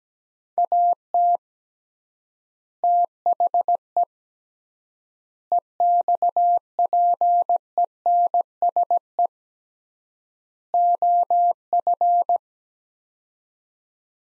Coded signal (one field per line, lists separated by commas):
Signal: Morse code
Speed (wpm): 17 wpm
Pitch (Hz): 700 Hz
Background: none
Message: AT THE EXPENSE OF